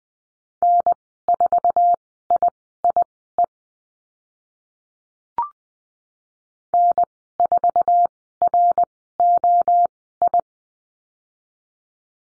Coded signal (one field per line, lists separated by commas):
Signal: Morse code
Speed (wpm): 20 wpm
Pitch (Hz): 700 Hz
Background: none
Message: N4IIE N4ROI